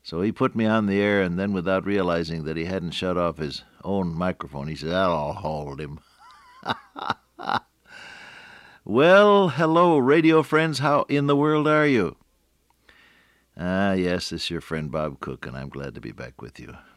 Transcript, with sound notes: So he put me on the air, and then without realizing that he hadn’t shut off his own microphone, he said, “That ought to hold him.” [laughter] Well, hello, radio friends. How in the world are you? Yes, this is your friend, Bob Cook, and I’m glad to be back with you.